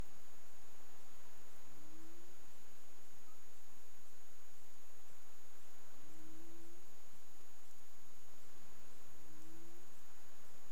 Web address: CARIMAM clean data humpback whale 20350315 165957 UTC